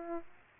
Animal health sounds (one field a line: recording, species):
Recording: mosquito wingbeat signal from an infrared sensor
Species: Aedes albopictus